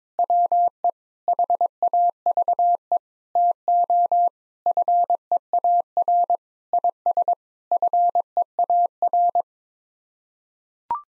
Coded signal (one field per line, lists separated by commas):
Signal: Morse code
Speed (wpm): 22 wpm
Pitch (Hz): 700 Hz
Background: none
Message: WE HAVE TO FEAR IS FEAR